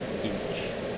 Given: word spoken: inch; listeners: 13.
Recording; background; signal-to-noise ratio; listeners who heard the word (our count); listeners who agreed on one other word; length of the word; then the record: one English word in noise, from a listening test; speech-shaped noise; -4.8 dB; 1 of 13; 11 of 13; 0.58 s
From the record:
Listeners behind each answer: 11, 1, 1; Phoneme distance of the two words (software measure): 17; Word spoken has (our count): 1 syllable, 3 phonemes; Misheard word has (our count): 1 syllable, 2 phonemes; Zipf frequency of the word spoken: 4.18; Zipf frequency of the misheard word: 5.53